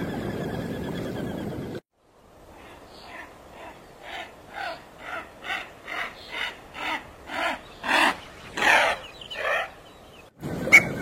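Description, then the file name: Smew calling: after a burst of rough noise, a series of hoarse grunting notes comes about twice a second, growing gradually louder. "Canto do merganso pequeno"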